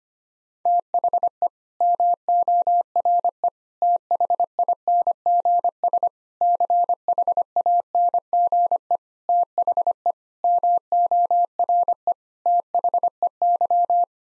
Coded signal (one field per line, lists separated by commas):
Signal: Morse code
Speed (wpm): 25 wpm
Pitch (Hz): 700 Hz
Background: none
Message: THE MORE THINGS CHANGE THE MORE THEY